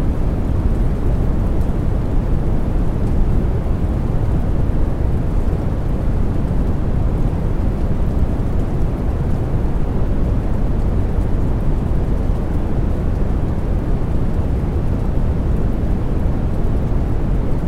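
A deep brown noise rumbles on without change for the whole stretch, thick and heavy in the lows. A softer, fine-grained hiss sits above it, like steady rain blended into the roar, with no distinct events or pauses.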